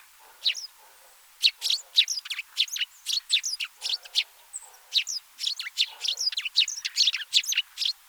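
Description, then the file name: House sparrow chirping, a rapid series of short bright chirps and tweets in quick succession with little pause. "Passer domesticus"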